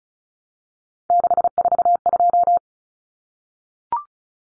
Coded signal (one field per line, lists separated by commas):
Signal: Morse code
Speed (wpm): 34 wpm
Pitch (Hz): 700 Hz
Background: none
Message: 642